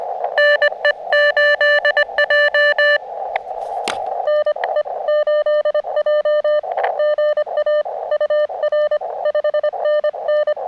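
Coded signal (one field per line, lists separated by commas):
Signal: Morse code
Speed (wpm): 23 wpm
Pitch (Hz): 600 Hz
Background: none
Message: NE8J NE8J GA UR 5NN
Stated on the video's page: Parks On The Air activation from a state park with decent band conditions but heavy QRN from nearby storms.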